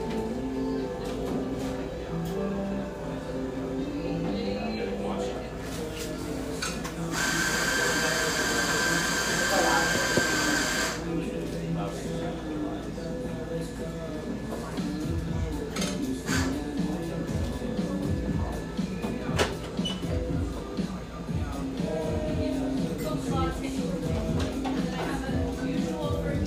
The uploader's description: Tucked near the lush, wooded Laurelhurst Park in east Portland, this café sports vibrant music and an erudite, professional clientele.